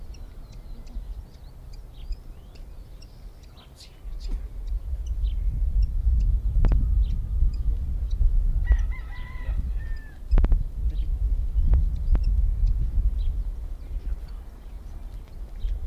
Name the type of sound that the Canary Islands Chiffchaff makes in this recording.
call